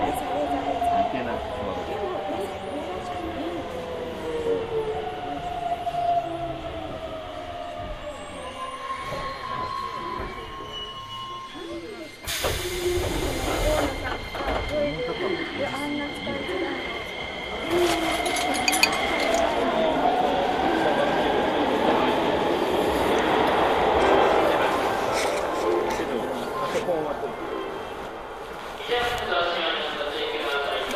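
A Hokuso Railway train running toward the Toei Asakusa Line, with steady rumble, shifting motor tones, speech, and a loud burst near twelve seconds.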